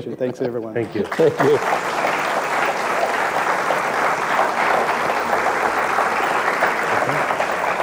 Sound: applause

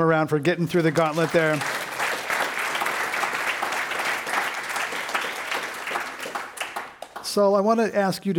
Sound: applause

